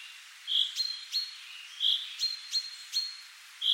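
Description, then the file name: Common chaffinch uttering scattered sharp high call notes, interspersed with a few louder rounded whistled notes. "Fringilla coelebs"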